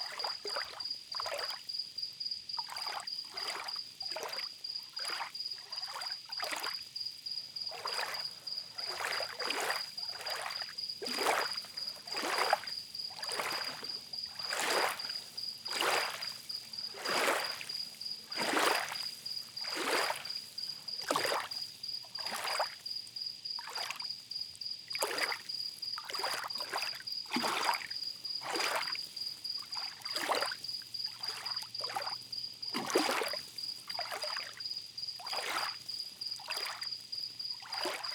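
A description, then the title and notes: Small waves lap at a night beach in quick, regular splashes about once a second, under a steady high insect whine and faint low hum. Beach Nook at Night.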